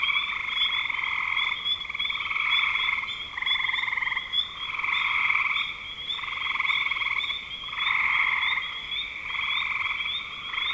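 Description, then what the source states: Many frogs trilling together, pulsed calls in repeated bursts blending into a continuous chorus with a steady high-pitched buzz above. Recorded in spring 2025.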